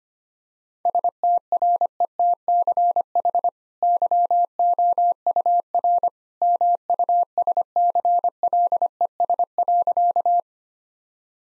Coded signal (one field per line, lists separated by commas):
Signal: Morse code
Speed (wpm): 25 wpm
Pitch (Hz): 700 Hz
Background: none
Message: STRETCH YOUR MUSCLES.